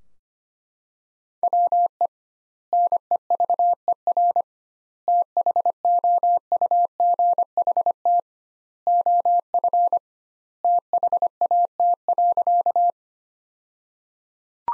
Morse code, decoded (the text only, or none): WE NEVER THOUGHT OF THAT.